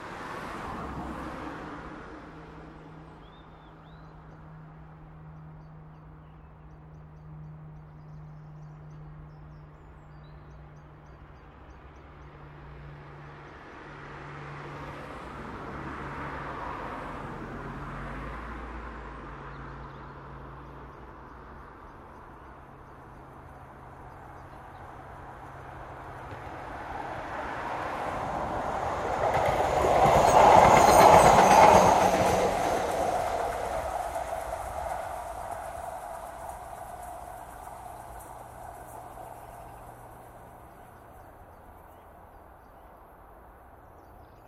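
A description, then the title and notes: A tram passes on the road, its rumble building from around 25 seconds to a loud, bright peak with a squealing wheel tone near 31 seconds, then fading away. Before that, a low steady hum and a vehicle swell around 16 seconds. Trams at Elsinore Road, again! This time a little further away from the station and recorded with a pair of Sony ECM-77 omni's.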